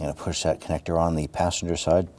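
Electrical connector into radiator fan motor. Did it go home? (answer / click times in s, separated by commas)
no / none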